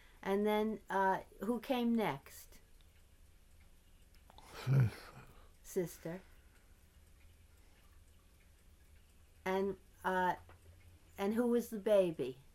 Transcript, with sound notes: And then who came next?
Sister. [pause]
And who was the baby?